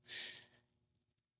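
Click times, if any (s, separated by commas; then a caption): none. A metal e-clip is picked up and lined up on the side shaft of the lifter motor and gear assembly of an iJetColor Classic envelope printer. A soft, breathy hiss swells from about 0.1 s and fades by 0.6 s, followed by faint small ticks near 1.1–1.2 s. The clip is only being positioned, and nothing has snapped or clicked into place yet.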